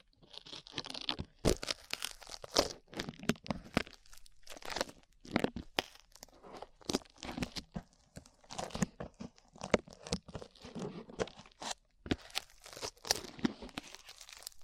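Slime being squished and handled, full of dense crackles, crunches and sticky tearing pops that come in quick irregular bursts. Sharp bright snaps stand out around 1.5, 5 and 12 seconds, with brief quiet gaps between the busier stretches.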